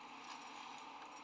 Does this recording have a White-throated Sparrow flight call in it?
no